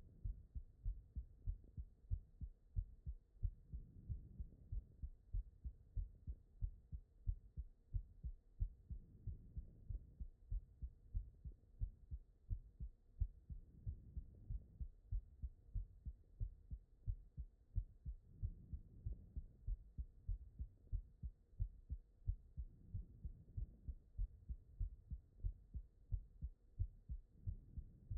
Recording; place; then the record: heart sounds by stethoscope; aortic valve (AV)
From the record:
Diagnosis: non-HFrEF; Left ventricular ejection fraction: 68%